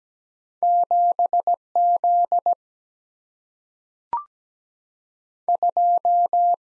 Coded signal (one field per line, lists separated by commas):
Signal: Morse code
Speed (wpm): 17 wpm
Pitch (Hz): 700 Hz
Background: none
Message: 7 Z 2